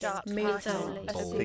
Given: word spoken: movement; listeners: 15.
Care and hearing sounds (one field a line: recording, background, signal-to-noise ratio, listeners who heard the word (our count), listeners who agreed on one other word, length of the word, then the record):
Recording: one English word in noise, from a listening test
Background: four-talker babble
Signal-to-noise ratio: -1.1 dB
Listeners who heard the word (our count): 1 of 15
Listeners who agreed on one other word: 7 of 15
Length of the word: 1.05 s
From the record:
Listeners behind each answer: 7, 3, 1, 1, 1, 1, 1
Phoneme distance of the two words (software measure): 58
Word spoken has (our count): 2 syllables, 7 phonemes, stress on syllable 1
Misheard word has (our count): 1 syllable, 3 phonemes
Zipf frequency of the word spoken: 4.71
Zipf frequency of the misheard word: 4.94